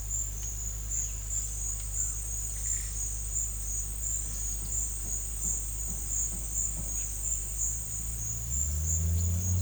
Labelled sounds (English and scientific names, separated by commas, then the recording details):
none
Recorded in pastures near Puerto Asís, Putumayo, Colombia, on 16 December 2024 at 12:00
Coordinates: 0.466, -76.322
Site G040